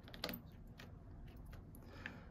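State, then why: Seated. A plastic part of a minifigure display case base is lined up with its notches and pushed into the base until it snaps into place, locking in so it should not come off. A sharp snap is heard at 0.2 seconds among a few softer plastic ticks, with another small tick near the end. The part is seated.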